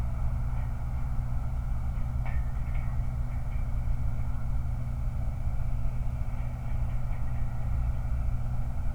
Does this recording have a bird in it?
no